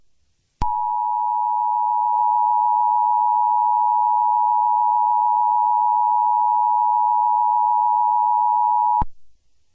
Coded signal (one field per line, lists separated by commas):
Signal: Emergency Alert System (SAME) tones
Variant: 853 and 960 Hz attention tone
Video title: The Purge: Remastered ~ A Remastered EAS Mini scenario